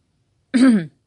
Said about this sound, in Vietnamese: Hắn ho khan một tiếng.